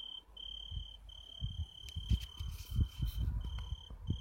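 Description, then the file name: Italian tree cricket song: a steady trill in phrases of varying length broken by short pauses, accompanied by low thumping and rustling noises. "Oecanthus pellucens Radzikowski Pawel"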